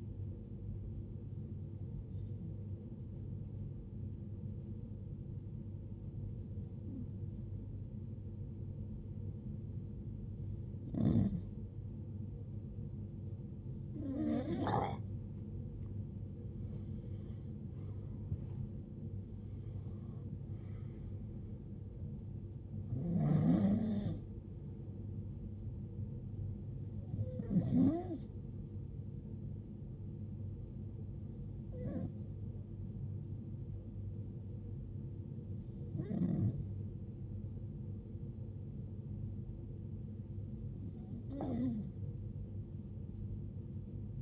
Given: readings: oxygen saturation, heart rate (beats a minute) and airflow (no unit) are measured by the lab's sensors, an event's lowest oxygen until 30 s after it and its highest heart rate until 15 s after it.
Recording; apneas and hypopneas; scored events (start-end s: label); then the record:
breathing in sleep by a smartphone at the bedside; 1
4.00-17.90 s: hypopnea (REM, oxygen 86% highest, then 83% lowest, heart rate 63 at the start, 82 highest)
From the record:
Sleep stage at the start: REM sleep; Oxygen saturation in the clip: 83 to 95%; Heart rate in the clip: 63 to 82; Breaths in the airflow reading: 11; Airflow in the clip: -15.1 to 15.2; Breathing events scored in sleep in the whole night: 389 in 6.3 hours asleep